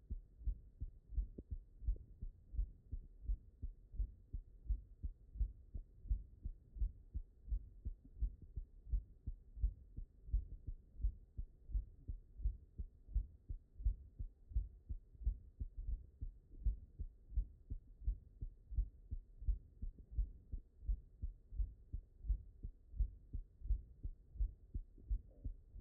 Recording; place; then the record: heart sounds by stethoscope; mitral valve (MV)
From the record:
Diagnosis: non-HFrEF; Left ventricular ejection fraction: 65%